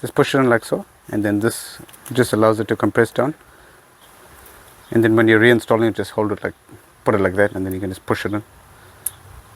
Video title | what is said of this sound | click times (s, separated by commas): Audi Adjustable Suspension Install & Mag Ride Delete - Complete Guide | and then it just locks in place | 9.1 s